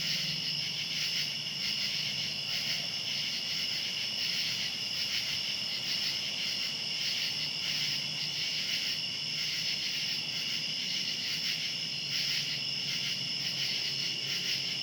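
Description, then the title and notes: Cicadas in a continuous chorus, a steady high buzzing drone in two bright bands, pulsing slightly, over faint low background hum. Recorded outdoors at night. "Ext. Cicadas, Night by Bandeto"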